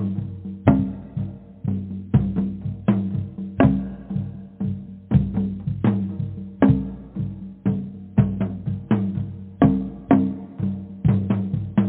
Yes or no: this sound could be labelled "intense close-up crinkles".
no